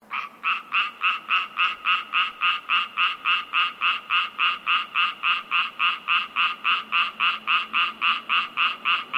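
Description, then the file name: Frog giving rapid, regular croaks, short grating pulses repeated roughly three or four times a second in an unbroken, even rhythm. In an unused swimming pool. "ANIMAL FROG UNUSED SWIMMING POOL"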